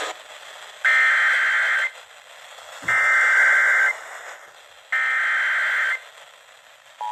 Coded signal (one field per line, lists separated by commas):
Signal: Emergency Alert System (SAME) tones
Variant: header bursts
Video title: EAS Alerts From 5/3-5/4/2025: A Compilation (EAS 600-611)